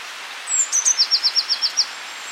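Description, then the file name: Eurasian blue tit song: two or three thin, very high introductory notes followed by a short, even trill of several lower, clipped notes. "Cyanistes caeruleus"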